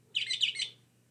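Northern mockingbird song: a short burst of a few quick, harsh chirping notes, over a faint steady low hum.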